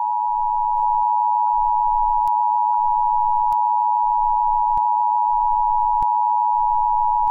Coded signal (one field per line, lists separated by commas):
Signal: Emergency Alert System (SAME) tones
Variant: 853 and 960 Hz attention tone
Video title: EAS Scenario: Tornado Warning (Fake/Valid Tones)